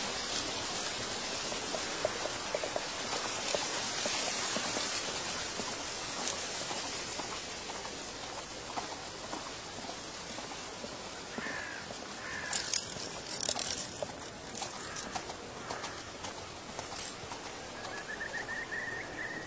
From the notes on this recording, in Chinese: 秋天古道夕阳下的马蹄声、落叶声、远处的深山鸟鸣和古寺钟声